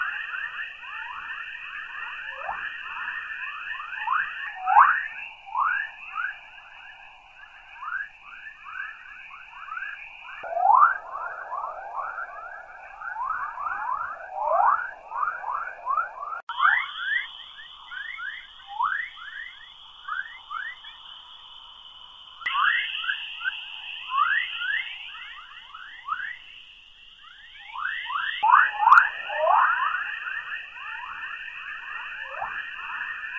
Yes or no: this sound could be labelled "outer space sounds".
yes